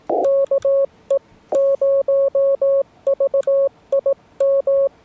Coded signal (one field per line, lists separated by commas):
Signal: Morse code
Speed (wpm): 18 wpm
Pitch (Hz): 550 Hz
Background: none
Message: KE0VIM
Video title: What is the POTA Iron Operator Challenge? You're About to Find Out!